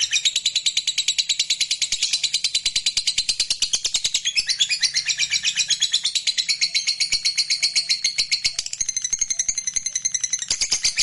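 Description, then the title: Lovebird delivering a long, unbroken high chattering trill of rapid rattling notes that continues for the full eleven seconds. Fighter lovebird giving ngekek panjang, a long continuous trilling chatter. "Suara Lovebird FIGHTER NGEKEK PANJANG"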